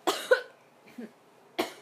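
Three harsh, slightly ringing cough bursts from a young girl, the second a quick double, with a faint small sound between them. The pattern fits a mild croup cough, from viral swelling of the upper airway.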